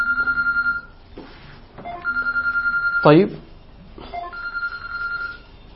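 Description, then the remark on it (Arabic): A mobile phone rings during an Arabic religious lesson, in repeated bursts of a bright, steady electronic tone, with a short sweeping chirp partway through, while a man speaks briefly over it. “جماعة أي تلفون طيران؟”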